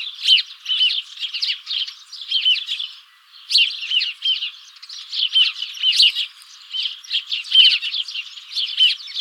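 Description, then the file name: House sparrow chirping, busy repeated cheeps with a brief lull around three seconds before resuming. "Passer domesticus"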